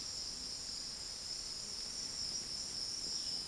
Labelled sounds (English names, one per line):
none